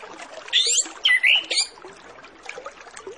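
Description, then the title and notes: Orange-headed Thrush song: a quick sequence of three loud, twisting whistled notes, then only faint background chatter. Full song with varied filler phrases, played as a lure recording to prompt Orange-headed Thrushes to start singing quickly. "Masteran Anis Kembang Full Isian Untuk Suara Pancingan Anis Kembang Agar Cepat Ngeplong. Suara Burung Anis Kembang"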